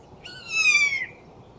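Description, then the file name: Eurasian jay giving a single harsh, rasping screech lasting about half a second, loud against a low background hiss. "Garrulus glandarius"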